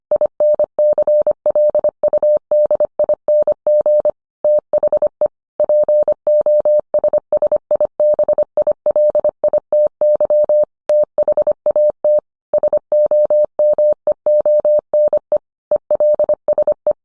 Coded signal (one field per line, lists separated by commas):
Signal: Morse code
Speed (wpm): 25 wpm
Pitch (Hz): 600 Hz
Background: none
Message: INCLUDING THE POSSIBILITY THAT SOMEONE ELSE